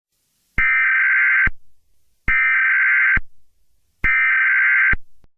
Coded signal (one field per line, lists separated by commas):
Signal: Emergency Alert System (SAME) tones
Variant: header bursts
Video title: EAS Scenario #2: The Christmas Disaster